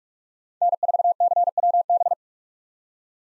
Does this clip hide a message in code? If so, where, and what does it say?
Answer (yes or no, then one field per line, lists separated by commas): yes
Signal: Morse code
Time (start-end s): 0.6-2.1 s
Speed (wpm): 46 wpm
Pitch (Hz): 700 Hz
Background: none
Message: N4CWB